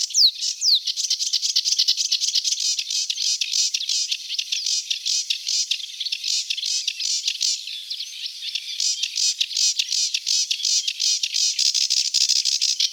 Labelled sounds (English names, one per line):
Sedge Warbler song